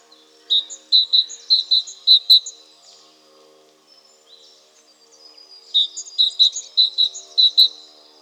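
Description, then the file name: Great tit calling: two quick runs of bright, high, clipped notes, seven or eight per run, separated by a quiet gap of about three seconds. "Parus major"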